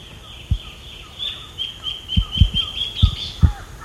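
Bird calls: high, thin whistled notes in a rapid, uneven series with soft downslurred chirps beneath, and several dull low knocks.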